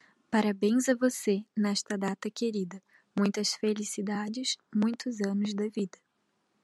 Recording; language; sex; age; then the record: short text; Brazilian Portuguese; female; 20 to 29 years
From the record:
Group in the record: control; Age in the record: 21 years